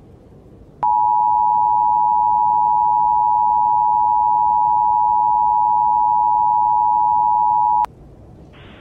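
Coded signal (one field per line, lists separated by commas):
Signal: Emergency Alert System (SAME) tones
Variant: 853 and 960 Hz attention tone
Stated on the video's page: Mock EAS alert for a fictional winter storm with tornadoes in snow.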